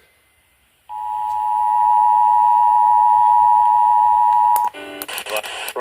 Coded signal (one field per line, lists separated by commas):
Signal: Emergency Alert System (SAME) tones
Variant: 853 and 960 Hz attention tone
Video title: EAS #339-347 Last North Carolina RMT of 2025 on Multiple FM Stations